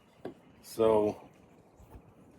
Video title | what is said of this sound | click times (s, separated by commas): Plumbing - SXS mod - log splitting. | Now, it locks in place. | 0.2 s